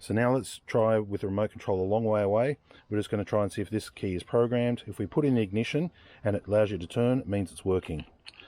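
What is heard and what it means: Someone talks while holding a newly programmed remote key for a Nissan, its BCM code cracked with a SmartPro, ready to go into the car's ignition cylinder to test that it turns with the remote control far away. Two short, sharp ticks come at 8.3 and 8.4 seconds at the very end. Nothing has seated or clicked into the ignition yet.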